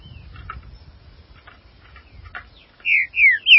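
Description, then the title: Green-winged saltator song: soft clicks and chatter, then three loud, clear, descending whistled slurs near the end, with low rumbling in the background. "Trinca Ferro"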